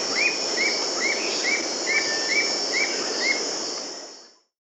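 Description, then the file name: Rufous-capped nunlet song: a series of about eight short, slightly rising whistled notes repeated steadily, over a loud, dense insect chorus. Peru, Amazon. "Rufous-capped Nunlet (Nonnula ruficapilla), Peru"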